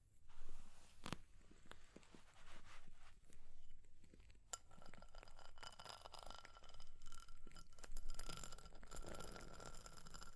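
Fire crackling with irregular sharp pops and snaps scattered throughout, a strong crack near one second and another around four and a half seconds. Light tapping and scratching textures run underneath, with a few thin, ringing glassy tones appearing in the second half.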